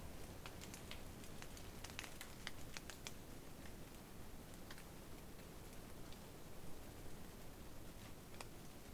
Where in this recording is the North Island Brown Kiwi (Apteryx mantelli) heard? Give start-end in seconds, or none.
none